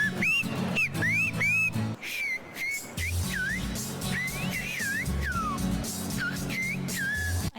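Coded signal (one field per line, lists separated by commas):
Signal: whistled language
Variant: Silbo Gomero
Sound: short rising and falling whistled glides, separated by brief gaps, over a low background hum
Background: background music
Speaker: on the island of gomea in the Canary Islands they use silbo gomero which is taught in schools it's a language completely composed of whistles here's a clip if you want to hear some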